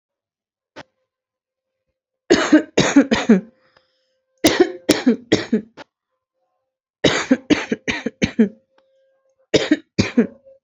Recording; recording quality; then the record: heavy voluntary cough; moderate, slight background noise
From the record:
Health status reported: respiratory illness, not identified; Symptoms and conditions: asthma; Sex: female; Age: 27 years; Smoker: not ticked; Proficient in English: yes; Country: India